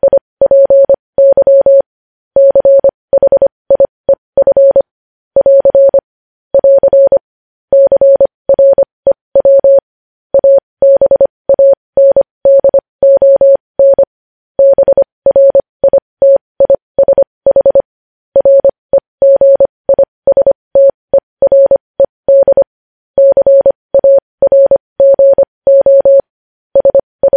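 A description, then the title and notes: Morse code beeps in a single steady mid-pitched tone, keyed on and off in short dots and longer dashes with clean silences between. The sending runs continuously for the whole stretch at an even, moderate pace, grouped into characters with slightly longer gaps. No other sounds intrude. Morse code transcription.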